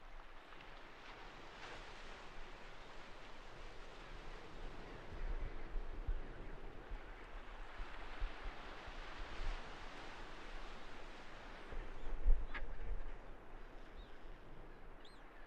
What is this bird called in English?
Chinstrap Penguin